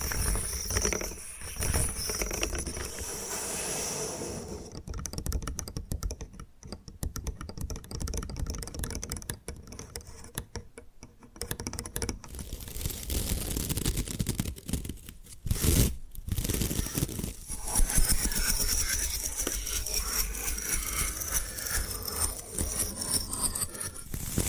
Bamboo Tapping, Scratching and Brushing Sounds